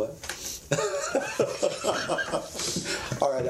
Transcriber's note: laughs